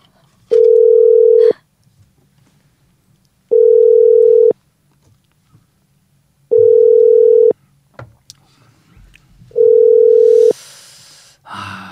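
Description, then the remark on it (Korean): A telephone ringback tone from a call placed to someone at KakaoTalk repeats four times, each steady mid-pitched buzz lasting about a second with two-second pauses between, while the call goes unanswered; faint rustling follows at the end. “이것도 불안하게 전화를 안 받네요.”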